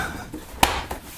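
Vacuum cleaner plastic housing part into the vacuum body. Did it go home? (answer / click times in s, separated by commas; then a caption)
yes / 0.6 s. While reassembling a Miele S5210 vacuum cleaner after a motor swap, a plastic housing part is pushed into the vacuum body and snaps into place. A sharp click is heard at 0.6 s, followed by a softer tap near 0.9 s, and the parts are seated together.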